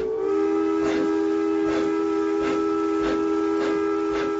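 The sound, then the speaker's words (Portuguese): A lit train passes a switchman's cabin, making it shake: its whistle holds a steady, loud, reedy tone while the engine chugs underneath in an even rhythm of puffs, roughly twice a second, with a constant hiss of steam. “E um trem iluminado, roncando como um trovão, fez tremer a cabine do manobreiro.”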